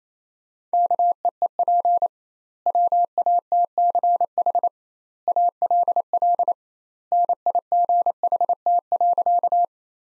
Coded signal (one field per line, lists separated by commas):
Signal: Morse code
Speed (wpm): 28 wpm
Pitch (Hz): 700 Hz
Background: none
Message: KEEP WATCH ALL NIGHT.